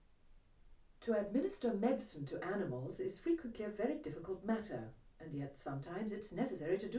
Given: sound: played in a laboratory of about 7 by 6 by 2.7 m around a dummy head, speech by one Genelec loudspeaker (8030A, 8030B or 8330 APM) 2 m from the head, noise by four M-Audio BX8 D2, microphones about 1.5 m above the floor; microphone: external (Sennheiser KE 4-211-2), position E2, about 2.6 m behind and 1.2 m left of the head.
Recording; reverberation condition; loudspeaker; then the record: female speech in English; low; 60 degrees to the left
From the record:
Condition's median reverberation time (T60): about 310 ms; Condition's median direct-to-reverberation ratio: about 3.5 dB